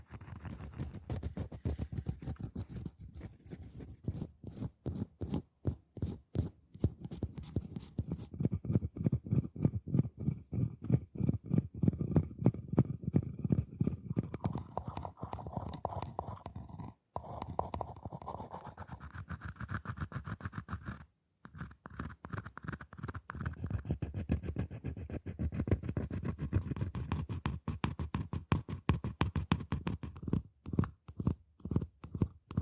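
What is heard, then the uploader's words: Fast, repeated scratching on hollow boxes runs almost without pause, a dense train of short rasping strokes with a low, woody body. Around the middle a brighter scraping tone rises over the strokes, and brief gaps near 17 and 21 seconds interrupt the rhythm. TimASMR-Mini-Scratching on Boxes and Hollow Objects (NO TALKING).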